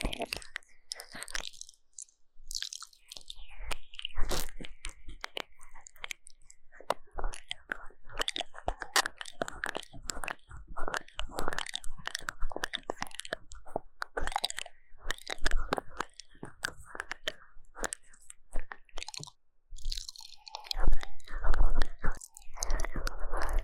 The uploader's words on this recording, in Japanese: 3DIO耳舐。口腔音。Deep Ear Licking。NO Talking。